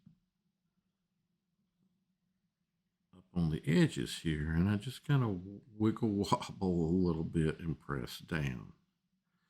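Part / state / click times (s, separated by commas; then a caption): protective case on a folding phone / not seated / none. An Otterbox Riveter plastic protective case on a Microsoft Surface Duo 2 folding phone is handled: the case edges are wiggled and pressed down to make sure the case sits fully on the phone. The first three seconds are near silence, then someone talks until about 8.8 seconds. Nothing has seated or clicked yet.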